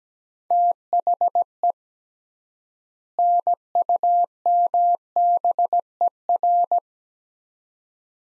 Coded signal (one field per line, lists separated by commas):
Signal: Morse code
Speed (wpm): 17 wpm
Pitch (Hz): 700 Hz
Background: none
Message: THE NUMBER